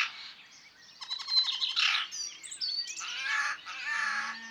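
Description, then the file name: Eurasian jay giving a varied run of harsh rasping bursts, a quick rattling sequence and brief tonal notes, switching between sound types within a few seconds. "geai des chenes"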